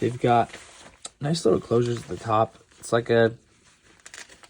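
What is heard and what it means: Someone talks while handling the plastic snap-lock strap at the top of a Gore-Tex gaiter, which is meant to feed through a plastic catch and snap into place. Toward the end, faint crinkly handling sounds come from about 4.0 to 4.4 seconds. Nothing has snapped or seated yet.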